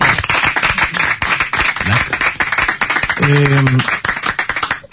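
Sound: applause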